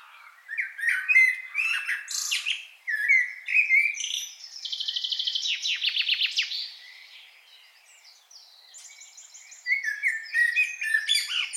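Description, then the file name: Common blackbird song: short warbled phrases with high twittering ends, a high buzzy trill in the middle, and more chirping phrases at the end. "Turdus merula"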